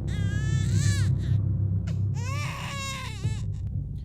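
A red newborn baby, its umbilical cord still attached and trailing on the ground among fire ants, wails in two long, shrill bursts, the high-pitched cries rising and falling with a brief gasp between them, over a steady low rumble.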